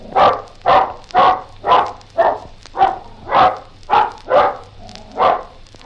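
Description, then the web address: Bulldog barking, short harsh barks coming roughly twice a second at a steady pace, over a faint background hum. "BBC Bulldog"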